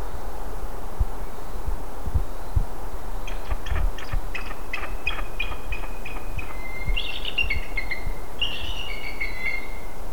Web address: baldeagle audio bald eagles chirping